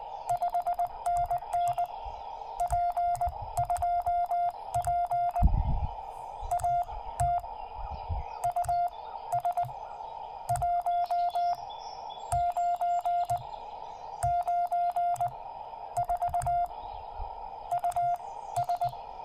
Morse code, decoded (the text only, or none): 5NN P2P AT US 1994 US